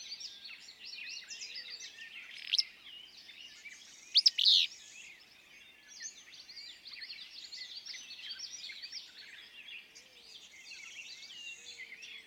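Willow flycatcher gives one loud, sharp, burry two-part phrase standing out from a constant chorus of quieter chattering birds.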